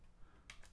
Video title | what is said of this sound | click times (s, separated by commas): Canon PowerShot G16 Point-and-Shoot Camera Tour | pink just pops right out like that and it snaps back in so that's how you can manually do that pop that out right there | 0.5 s